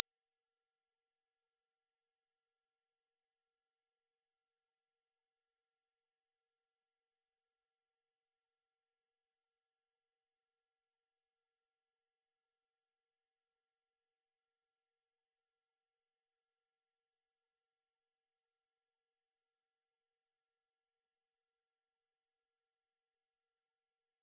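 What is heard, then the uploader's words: A pure sine tone at 5513 Hz holds perfectly steady for the full length, a single thin, high, piercing pitch. Its loudness never changes and it never wavers, with no other sounds, breaks or background noise. 5513 Hz 1 Hz Interval Sine Pure Tone Frequency 441000 Sample Mono.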